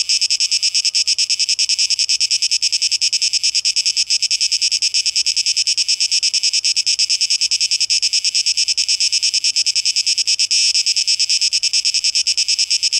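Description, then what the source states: Cicadas buzzing in a loud, high, pulsating drone that holds steady from start to finish. Cicadas, plural, 12 August 2023, tape echo mix.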